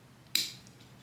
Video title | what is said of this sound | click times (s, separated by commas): Display Case Rescues - Abu Garcia Abumatic 140 | And it snaps into place. | 0.4 s